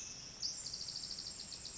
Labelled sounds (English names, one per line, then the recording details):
Pacific Wren
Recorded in Sonoma County, California